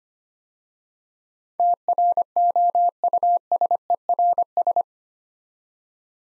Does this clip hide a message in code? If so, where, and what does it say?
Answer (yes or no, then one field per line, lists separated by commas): yes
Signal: Morse code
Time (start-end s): 1.6-4.8 s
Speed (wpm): 25 wpm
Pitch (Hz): 700 Hz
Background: none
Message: TROUSERS